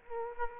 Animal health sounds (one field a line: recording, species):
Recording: mosquito wingbeat signal from an infrared sensor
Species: Culex quinquefasciatus